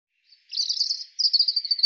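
European robin giving a high, buzzy, sustained trill in two bursts separated by a short pause, cut off abruptly at the end.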